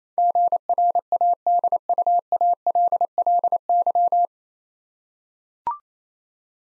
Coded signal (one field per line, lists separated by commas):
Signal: Morse code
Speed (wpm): 28 wpm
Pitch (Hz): 700 Hz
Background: none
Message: GRADUALLY